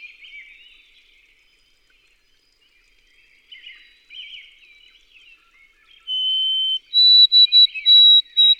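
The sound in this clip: White-throated sparrow: soft background chirping, then near the end the sparrow starts its song, a steady whistle followed by repeated higher notes.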